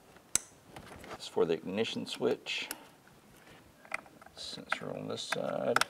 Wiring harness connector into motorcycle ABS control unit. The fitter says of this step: What you want to listen for is that click when it actually bottoms out.